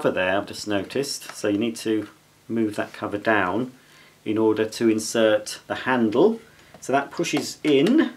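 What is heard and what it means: A plastic handle is being fitted into the body of a Bissell Featherweight Pro 2 in 1 stick vacuum after a small cover is moved down to let it insert, while someone talks throughout. Handling sounds sit under the speech, and no distinct sharp sound stands out. The handle is being pushed in, but nothing has seated or clicked yet.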